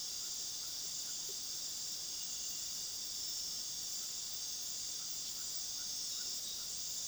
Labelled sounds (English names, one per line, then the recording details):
none
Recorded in pastures near Puerto Asís, Putumayo, Colombia, on 21 February 2024 at 20:00
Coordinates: 0.497, -76.327
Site G7276